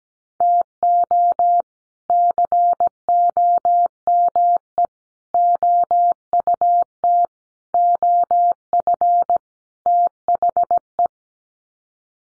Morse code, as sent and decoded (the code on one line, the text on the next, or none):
- --- / -.-. --- -- . / --- ..- - / --- ..-. / - .... .
TO COME OUT OF THE